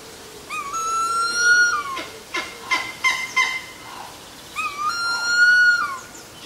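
Harpy eagle calling, drawn-out whistled wails with rich overtones, rising then falling at the end, given twice with a burst of rougher, broken notes between them.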